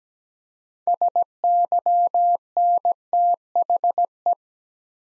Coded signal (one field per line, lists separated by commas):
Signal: Morse code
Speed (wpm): 17 wpm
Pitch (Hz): 700 Hz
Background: none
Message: SYNTHE